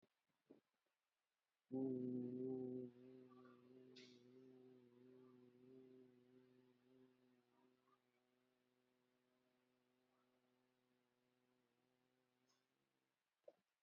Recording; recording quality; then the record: sustained vowel as in boot; moderate, slight background noise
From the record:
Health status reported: COVID-19 positive, moderate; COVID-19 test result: positive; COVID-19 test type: RT-PCR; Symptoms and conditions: breathing difficulty, fever, loss of smell and taste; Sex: male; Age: 38 years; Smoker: no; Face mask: worn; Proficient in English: yes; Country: India